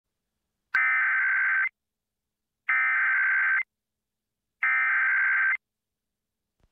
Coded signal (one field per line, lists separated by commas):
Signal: Emergency Alert System (SAME) tones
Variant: header bursts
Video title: EAS Child Abduction Emergency (Corrected Message) AMBER ALERT Minneapolis, Minnesota Statewide Alert